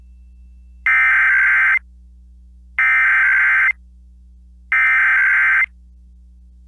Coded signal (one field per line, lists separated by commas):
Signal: Emergency Alert System (SAME) tones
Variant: header bursts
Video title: EAS Required Monthly Test Maine Statewide Test +WeatherSTAR4000